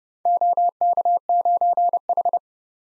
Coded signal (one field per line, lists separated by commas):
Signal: Morse code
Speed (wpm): 30 wpm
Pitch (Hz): 700 Hz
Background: none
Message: OK9H